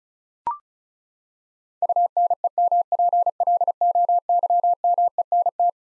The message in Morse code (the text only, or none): UNEMPLOYMENT